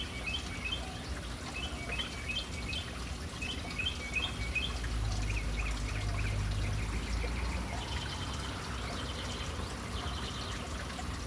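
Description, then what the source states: Birds chirping in short repeated bursts of high notes, several callers overlapping, with steady running water and a low rumble beneath. Birds in a city, gathered around a fountain.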